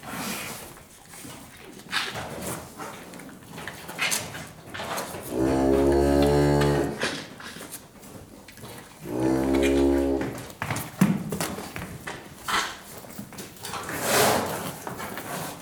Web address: BBC Sound Effects Library Livestock Calves Suckling